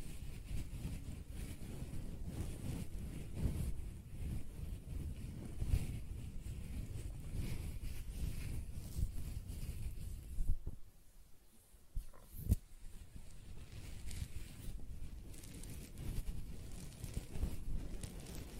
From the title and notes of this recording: ASMR Close-Up Hair Sounds - Scratching, Brushing, Stroking (No Talking).